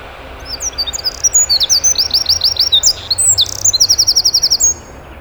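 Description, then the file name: Eurasian wren song, a loud rapid outburst of high, sharp notes and fast rattling trills lasting about four seconds, over faint low background rumble. "Troglodytes troglodytes"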